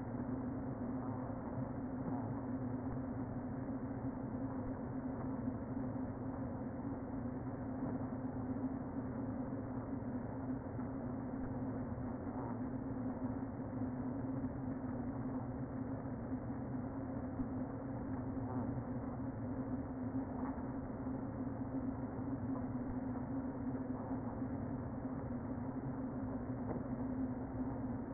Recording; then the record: honeybee colony, microphone inside the hive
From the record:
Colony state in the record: queen present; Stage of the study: before two queens were removed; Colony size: about 60,000 bees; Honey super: yes